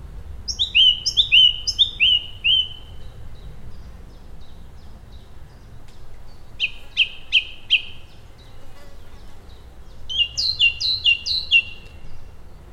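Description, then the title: Song thrush singing three different phrases, each repeated three or four times with short pauses between, against a faint outdoor hum. Complicated songs from a tree high above the River Thames in rural Oxfordshire, recorded on a hot, close summer's day. "Song thrush by the River Thames"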